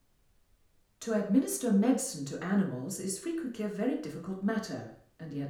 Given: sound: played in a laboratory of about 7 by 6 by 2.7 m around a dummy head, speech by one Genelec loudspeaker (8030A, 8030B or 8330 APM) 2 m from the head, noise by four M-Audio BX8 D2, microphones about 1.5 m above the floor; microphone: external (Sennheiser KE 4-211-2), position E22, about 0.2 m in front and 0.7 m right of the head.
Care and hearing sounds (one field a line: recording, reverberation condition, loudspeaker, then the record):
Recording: female speech in English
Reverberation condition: medium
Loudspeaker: behind (180 degrees)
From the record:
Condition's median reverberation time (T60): about 510 ms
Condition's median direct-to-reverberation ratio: about -0.5 dB